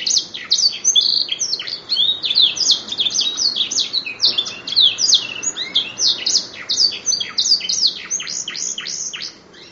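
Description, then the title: Canary warbling continuously, dense high chirps and downward sweeps packed into rapid phrases. "kenari"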